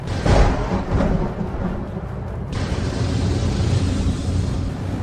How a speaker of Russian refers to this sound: В следующее мгновение раздался оглушительный удар грома, раскатившийся рокотом по округе.